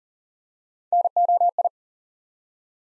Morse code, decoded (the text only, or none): NOI